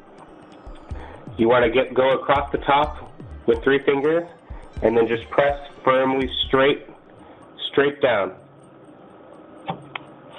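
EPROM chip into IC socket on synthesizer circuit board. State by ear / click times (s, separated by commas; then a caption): seated / 10.0 s. Someone talks while an EPROM firmware chip (OS upgrade 1.06, replacing 1.04) is pressed firmly straight down with three fingers into its IC socket on a Nord Lead 2 synthesizer circuit board. A short, sharp click sounds at 10.0 s as the chip slides in and locks into place, fully seated.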